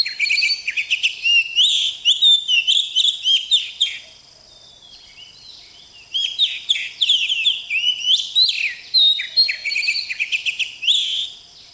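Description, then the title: Oriental magpie-robin pouring out rapid, varied whistles and chirps in two long bursts separated by a two-second silence. "KACER"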